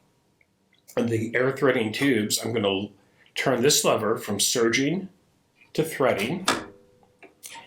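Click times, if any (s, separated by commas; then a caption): 7.5 s. Someone talks while the lever on a Baby Lock Euphoria serger is switched from serging to threading, and the hand wheel is turned slowly toward the operator. A sharp click at 7.5 s marks the metal air-threading tube seating inside the machine, connecting the chain looper threading path.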